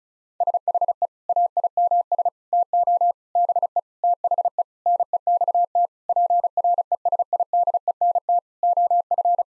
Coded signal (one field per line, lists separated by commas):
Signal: Morse code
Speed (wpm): 36 wpm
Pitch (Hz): 700 Hz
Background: none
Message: SHE AIMS TO BE THE NEXT PRESIDENT OF